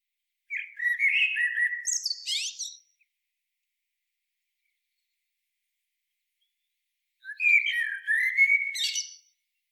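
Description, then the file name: Eurasian blackbird song: two fluty warbled phrases separated by a long silence, each ending in a thin, squeaky high twitter. "Turdus merula"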